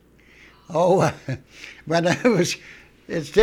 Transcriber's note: he laughs